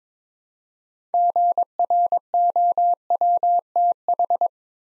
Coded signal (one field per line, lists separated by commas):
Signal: Morse code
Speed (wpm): 22 wpm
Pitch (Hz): 700 Hz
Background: none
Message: GROWTH